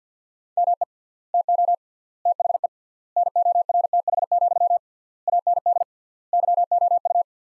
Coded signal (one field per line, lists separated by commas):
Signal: Morse code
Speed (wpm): 46 wpm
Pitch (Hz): 700 Hz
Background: none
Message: ME TO THE NORTH, AND YOU